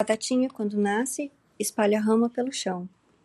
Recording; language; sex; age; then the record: short text; Brazilian Portuguese; female; 30 to 39 years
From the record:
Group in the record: control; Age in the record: 32 years